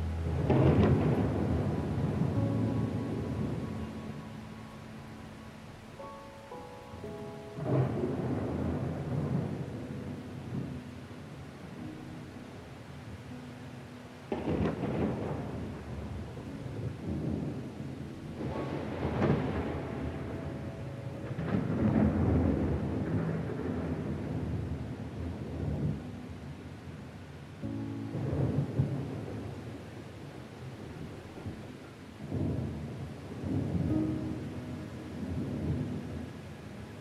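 Rolling thunder and steady rain fill the whole recording, with louder rumbles swelling around 8, 14, 19 and 28 seconds before fading back. Beneath them, soft sustained notes of gentle classical music shift slowly, holding long tones that change every few seconds.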